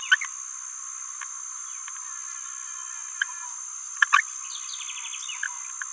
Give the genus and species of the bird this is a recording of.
Forpus passerinus